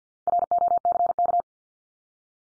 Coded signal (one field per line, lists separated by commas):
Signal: Morse code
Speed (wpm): 50 wpm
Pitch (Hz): 700 Hz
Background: none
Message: ROCK